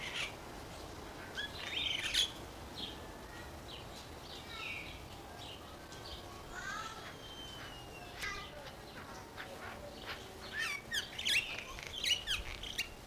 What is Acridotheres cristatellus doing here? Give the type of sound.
song